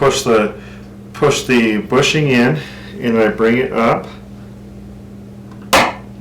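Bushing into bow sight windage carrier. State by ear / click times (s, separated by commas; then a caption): seated / 5.7 s. Someone talks while pressing a bushing into the windage post carrier of a bow sight's micro-adjust windage post against a hard flat surface. After a quiet pause, a single sharp snap sounds at 5.7 s as the bushing snaps into the carrier and seats.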